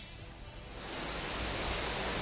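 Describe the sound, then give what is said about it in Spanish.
A continuous, hissing wash of sea waves with no distinct breaks, swelling slightly louder about a second in and then holding steady; no voices are heard. “Elegí ruido de mar.”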